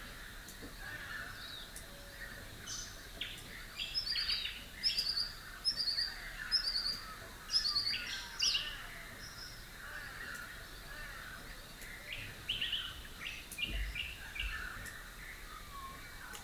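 A rural dawn chorus in Rathdowney, Queensland, with many birds calling at once over a steady hiss of background chatter. Bright, repeated chirps stand out between about four and nine seconds, then scattered calls and trills continue through the rest of the clip.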